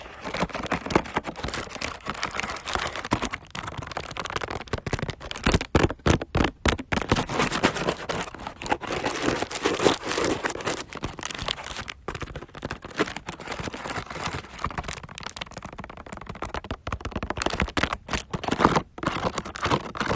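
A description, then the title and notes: Continuous crinkling and scratching with quick tapping, dense and busy across the whole clip. The handling sounds bright and crisp, with brief near-silent gaps around six to seven seconds and again near twelve and nineteen seconds. Tapping, scratching, crinkling and fluffing.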